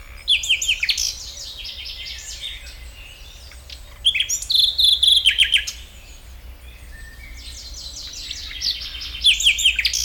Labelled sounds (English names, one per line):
Common Nightingale